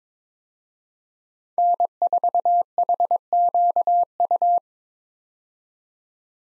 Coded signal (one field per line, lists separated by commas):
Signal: Morse code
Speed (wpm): 22 wpm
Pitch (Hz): 700 Hz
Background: none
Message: N4HQU